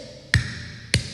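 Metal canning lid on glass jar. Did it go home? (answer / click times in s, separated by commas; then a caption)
no / none. A finger presses on the metal lid of a glass canning jar that has not sealed, and the lid flexes and pops with two sharp pops at about 0.3 and 0.9 seconds instead of staying concave and firm. These pops show the jar did not seal; the lid has not seated down.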